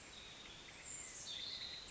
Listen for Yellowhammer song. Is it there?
no